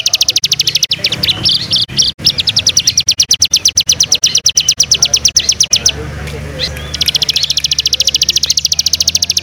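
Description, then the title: Bird singing a fast trill of rapidly repeated high notes, pausing briefly then resuming. "SuaraBurung Kicau"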